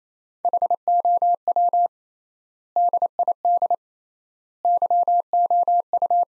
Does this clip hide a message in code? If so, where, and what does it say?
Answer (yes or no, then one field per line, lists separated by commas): yes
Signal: Morse code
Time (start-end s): 0.4-6.2 s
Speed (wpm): 28 wpm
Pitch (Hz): 700 Hz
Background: none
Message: HOW DID YOU